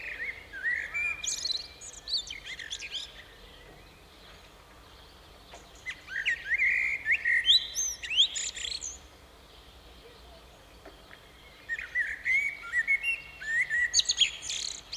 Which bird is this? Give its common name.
Common Blackbird